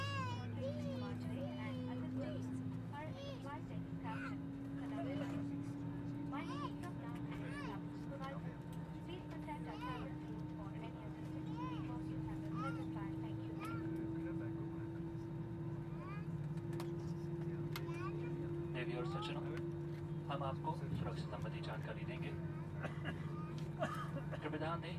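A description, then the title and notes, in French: An aircraft takes off for Kathmandu from Delhi, its engines a steady low roar with a droning tone that slowly rises in pitch across the clip. Voices talk throughout over the engine noise, with small clicks and knocks scattered here and there. Installation et décollage. Décollage pour Katmandou depuis Delhi. Ça vibre et ça claque un peu quand même !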